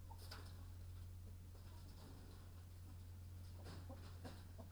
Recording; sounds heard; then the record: poultry house recording; healthy chickens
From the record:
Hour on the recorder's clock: 22